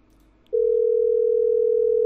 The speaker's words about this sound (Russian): Номер занят. Оставьте сообщение.